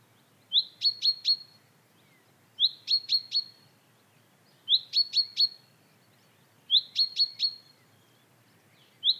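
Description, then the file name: Common chaffinch call bouts, each a brief upslurred note then three crisp high clicks, repeated roughly every two seconds. "Fringilla coelebs"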